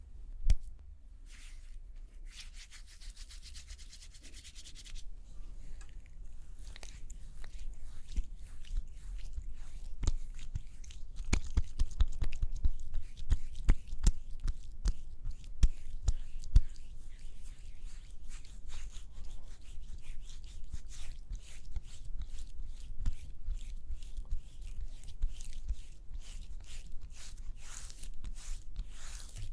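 Makeup being applied, heard as soft brushing and rubbing strokes that repeat in quick, uneven bursts for the whole half minute. Sharper taps and clicks of small containers and tools break in now and then, busiest around the middle, over a low rumble.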